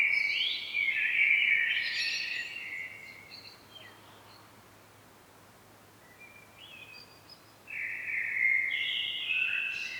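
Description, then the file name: Common blackbird delivering a loud fluted phrase with a high twitter, a long quieter stretch with faint notes, then another rich phrase. "Turdus merula"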